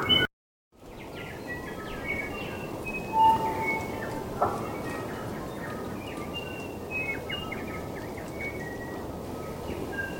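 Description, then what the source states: South Island kokako calling: sparse clear whistled notes, including one lower note, with shorter higher notes scattered over steady hiss after a brief silence. Possibly extinct bird, called a ghost voice; possibly the only recording, made 26 May 2010 on New Zealand's West Coast.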